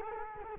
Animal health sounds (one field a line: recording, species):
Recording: mosquito wingbeat signal from an infrared sensor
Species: Culex quinquefasciatus